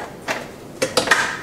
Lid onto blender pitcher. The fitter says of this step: there you go you can hear it click